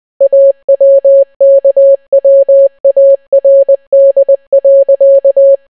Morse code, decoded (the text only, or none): AWKWARD.